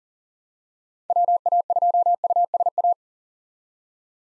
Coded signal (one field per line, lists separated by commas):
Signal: Morse code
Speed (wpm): 40 wpm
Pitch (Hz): 700 Hz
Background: none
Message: WA2USA